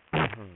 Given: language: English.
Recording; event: throat vibration sensor signal played as sound; throat clearing